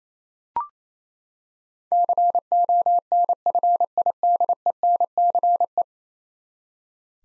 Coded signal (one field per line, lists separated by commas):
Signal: Morse code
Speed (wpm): 28 wpm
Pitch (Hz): 700 Hz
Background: none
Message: CONFIDENCE